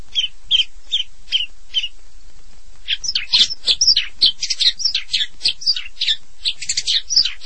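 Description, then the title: Long-tailed shrike song: a few spaced harsh notes, then a quick, jumbled run of varied chattering and squeaky notes. "Kicau Burung Pentet"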